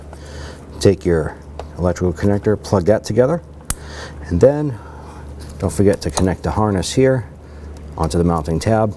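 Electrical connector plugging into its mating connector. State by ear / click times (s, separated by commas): seated / 3.7 s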